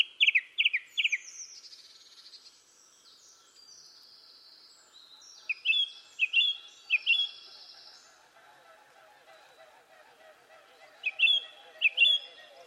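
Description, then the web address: Bird calls: a quick triplet of chirps at the start, then two more groups of upslurred notes, with faint lower chattering in the background. "cianscape birddata. Bird Only"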